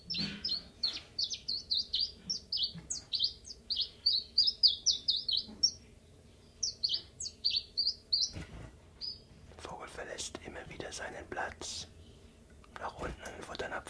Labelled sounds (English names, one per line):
Common Chiffchaff